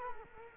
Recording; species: mosquito wingbeat signal from an infrared sensor; Culex quinquefasciatus